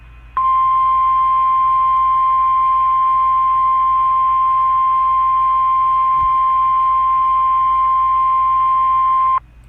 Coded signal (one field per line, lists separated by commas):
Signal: Emergency Alert System (SAME) tones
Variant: 1050 Hz attention tone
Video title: (EAS#56) Tornado Watch#410